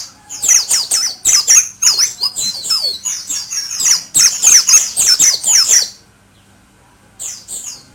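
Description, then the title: White-eye song, loud rapid high chirping for about six seconds, then near silence, with a short final burst of notes. Pleci (white-eye) named or owned as Mr. Kebo; Malang, East Java, Indonesia. "Pleci Mr. Kebo Malang - Jawa Timur"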